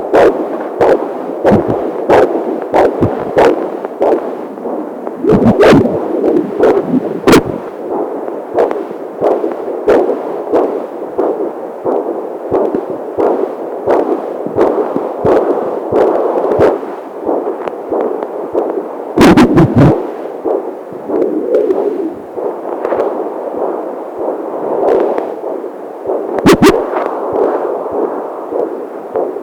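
A mother's and her baby's heartbeats heard together, recorded over the pregnant belly: a rapid, uneven pulsing of muffled thumps with loud crackling clicks throughout.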